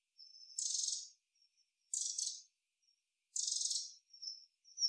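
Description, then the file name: Eurasian wren rattling calls: three dry, buzzy bursts about half a second long, spaced irregularly, with faint thin notes between them. "Troglodytes troglodytes"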